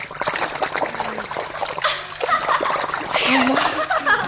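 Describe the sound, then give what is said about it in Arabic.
Water splashes and sloshes continuously for a few seconds as someone surfaces from under the water, with trickling, dripping bursts, fairly loud throughout and surging near the end, with faint tonal murmurs mixed in. “طب غابت ليه تحت المية؟ وتقول لي استناني، هي عادت حترجع تاني.”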